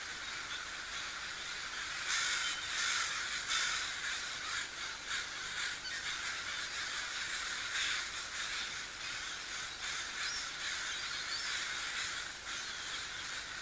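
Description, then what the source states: Crow giving hoarse caws in irregular bursts against steady background noise. At sea.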